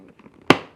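A motorcycle brake light is pushed onto its adhesive mount and snaps into place with a single sharp, bright click at 0.5 s, then rings briefly. Only faint low rustles come before it. The brake light is seated on the mount.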